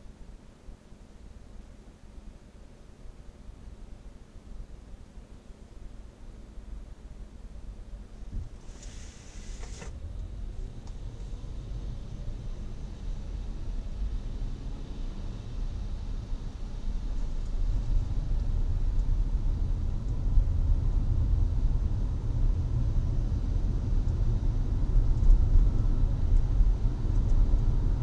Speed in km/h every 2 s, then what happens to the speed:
0, 0, 0, 0, 5, 14, 18, 22, 25, 27, 33, 34, 38, 40.
0-7 standing. 7-28 pulls away to 40.